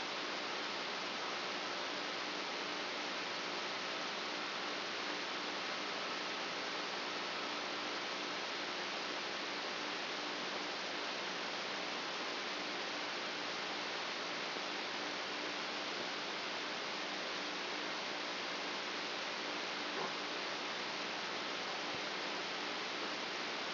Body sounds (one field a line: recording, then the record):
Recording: brain microelectrode recording played as sound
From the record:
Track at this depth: outside the subthalamic nucleus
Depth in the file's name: 8.628 mm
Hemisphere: left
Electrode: 2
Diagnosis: Parkinson's disease